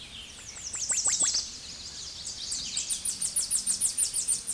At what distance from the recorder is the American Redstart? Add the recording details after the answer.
about 25 m. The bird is about 20 m above the microphone. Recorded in a Pennsylvania forest on 16 May 2024 at 06:52. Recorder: AudioMoth, point MSD-0827. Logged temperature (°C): 12.1 °C. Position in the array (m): 115 m, 209 m